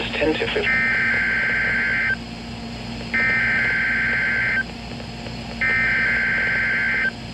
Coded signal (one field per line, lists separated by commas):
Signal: Emergency Alert System (SAME) tones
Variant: header bursts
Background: speech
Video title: (EAS #325) KMKX Required Weekly Test